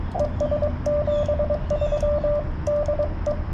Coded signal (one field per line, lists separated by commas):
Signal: Morse code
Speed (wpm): 22 wpm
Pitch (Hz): 590 Hz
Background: radio noise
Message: ES 73 DE